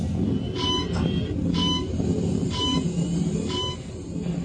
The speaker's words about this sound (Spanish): Creo que está llegando la nave ya de Atrón.